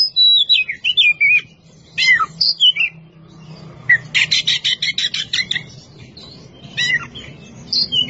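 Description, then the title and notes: Oriental magpie-robin song opening with descending whistled notes, then a fast series of buzzy repeated chirps, ending in scattered whistles. Champion singing bird. "Kicau Burung Kacer Juara. Suara Kicauan Burung Kacer Juara"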